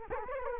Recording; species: mosquito wingbeat signal from an infrared sensor; Culex quinquefasciatus